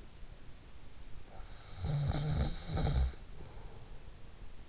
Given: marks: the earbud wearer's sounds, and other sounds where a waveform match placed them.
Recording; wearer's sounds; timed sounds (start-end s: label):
sounds in sleep by an in-ear microphone; snoring breath
1.40-4.18 s: snoring breath